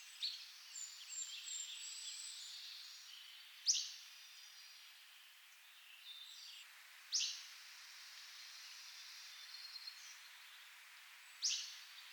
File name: Hammonds Flycatcher